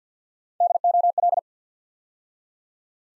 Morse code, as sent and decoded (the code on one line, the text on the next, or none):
-.. --- .-..
DOL